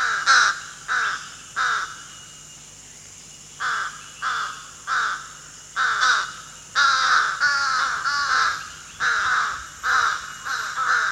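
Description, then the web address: Slender-billed Crow calling with loud, hoarse caws, a burst of three, a short pause, then a long run of rasping calls. Recorded at Danum, Borneo, on 1 July 2008. "DANUM 20080701. slender-billed crow"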